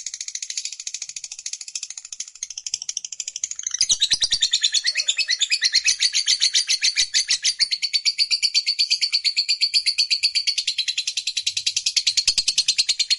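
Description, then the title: Lovebird song, high scratchy chatter that turns into a louder, steady stream of rapid buzzy pulses after a few seconds. Lovebird that is lazy to sing, prompted to become eager and burst spontaneously into long sustained singing, called narik. "LOVEBIRD Malas Bunyi JADI GREGET SPONTAN Langsung NARIK"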